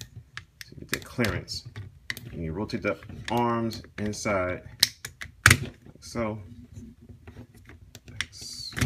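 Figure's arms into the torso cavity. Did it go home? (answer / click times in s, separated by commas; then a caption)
yes / 8.2 s. During the transformation of a FansToys FT-09 Telsa plastic robot figure (Masterpiece Perceptor), the arms are rolled and tucked into the torso cavity while someone talks, with small plastic clicks and handling noises throughout. A sharp click at 8.2 s marks the arms locking into place.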